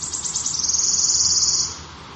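Wood warbler song, rapid high ticking quickly running into a sustained, shivering trill that then fades off.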